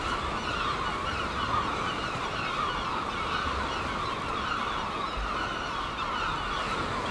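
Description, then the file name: Gull chorus: many birds giving overlapping cries at once, forming an unbroken, fairly even din. Gulls at Seaton, dated 17 03. "OKM Seagulls Seaton 17 03"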